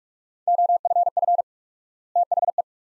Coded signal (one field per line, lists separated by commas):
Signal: Morse code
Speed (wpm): 44 wpm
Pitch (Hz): 700 Hz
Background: none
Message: OFF THE